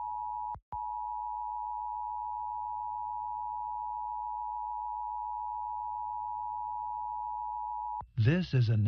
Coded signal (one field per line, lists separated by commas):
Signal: Emergency Alert System (SAME) tones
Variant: 853 and 960 Hz attention tone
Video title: ChrisVision: EAS National Periodic Test NPT - 10/4/2023 2:20 PM, version 1